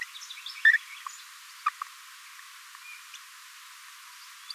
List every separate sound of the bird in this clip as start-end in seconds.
0.01-0.04, 0.65-0.73, 1.66-1.69